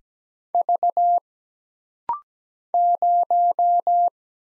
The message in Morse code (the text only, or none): V 0